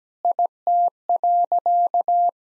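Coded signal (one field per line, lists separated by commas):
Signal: Morse code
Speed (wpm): 17 wpm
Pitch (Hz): 700 Hz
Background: none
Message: IT.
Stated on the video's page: Morse copying practice of sentences with common six-word phrases at 17 wpm.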